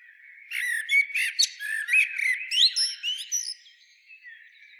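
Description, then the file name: Eurasian blackbird calling in a dense burst of scratchy squeaks and clicks with a few gliding whistled notes, fading into quieter chirps near the end. "Turdus merula"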